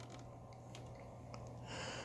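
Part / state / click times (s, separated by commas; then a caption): plastic vacuum capture/filter part into the base grooves / not seated / none. A plastic capture/filter part of a Moosoo U1400-A vacuum is wedged in and laid flat into the grooves of its base. Creaking handling sounds are heard, with short sharp ticks at about 0.8 s and 1.3 s and a broader hiss near the end. Nothing has seated or clicked yet; the machine still has to be pushed down to click into place.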